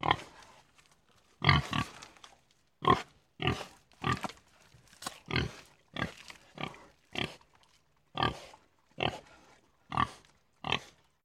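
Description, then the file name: Pig grunting, a series of short rough grunts and snorts repeated at short intervals, some doubled, with quiet pauses between. "Gris"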